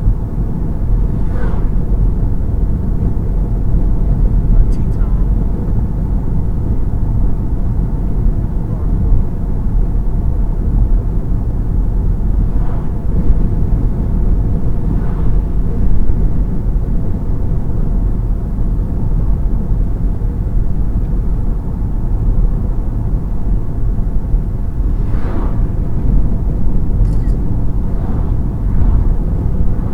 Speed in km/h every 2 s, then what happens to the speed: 90, 92, 92, 92, 93, 93, 93, 93, 92, 92, 92, 92, 92, 92, 92.
0-30 steady at about 92.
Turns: none.